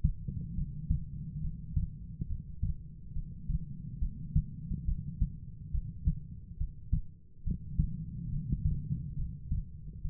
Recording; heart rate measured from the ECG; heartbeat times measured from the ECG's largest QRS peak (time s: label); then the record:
heart sounds by stethoscope; 70 bpm
0.55 s: heartbeat
1.41 s: heartbeat
2.27 s: heartbeat
3.13 s: heartbeat
3.99 s: heartbeat
4.85 s: heartbeat
5.71 s: heartbeat
6.58 s: heartbeat
7.44 s: heartbeat
8.30 s: heartbeat
9.16 s: heartbeat
10.02 s: heartbeat
From the record:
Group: heart failure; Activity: rest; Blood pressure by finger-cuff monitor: 85/57 mmHg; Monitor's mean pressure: 69 mmHg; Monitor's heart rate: 70 bpm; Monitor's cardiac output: 4.9 L/min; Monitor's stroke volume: 71 mL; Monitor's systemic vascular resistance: 1000 dyn s/cm5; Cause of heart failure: non-ischemic cardiomyopathy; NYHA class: 1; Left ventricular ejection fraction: 42%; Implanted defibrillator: present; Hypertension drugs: sacubitril-valsartan, spironolactone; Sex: female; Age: 39 years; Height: 162 cm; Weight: 67.9 kg